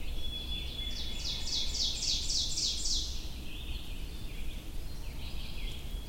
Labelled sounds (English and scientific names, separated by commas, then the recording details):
Ovenbird (Seiurus aurocapilla) song
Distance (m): 30 m
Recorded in boreal forest in Alberta, Canada, on 22 June 2016 at 05:45
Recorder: SongMeter 3, array SBT-6-76
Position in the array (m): 145 m, 109 m
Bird 3